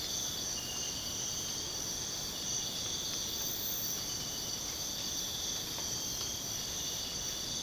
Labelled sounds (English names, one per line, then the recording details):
none
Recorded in secondary vegetation near Puerto Asís, Putumayo, Colombia, on 19 February 2024 at 05:00
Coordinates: 0.472, -76.331
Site G6371